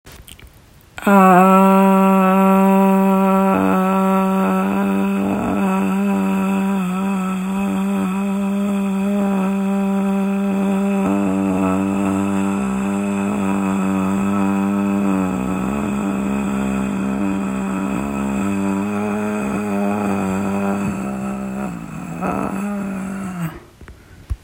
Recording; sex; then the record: sustained vowel /a/; female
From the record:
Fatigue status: no fatigue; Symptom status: symptomatic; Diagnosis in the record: COVID-19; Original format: m4a